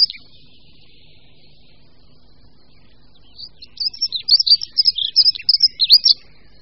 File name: Pěvuška-modrá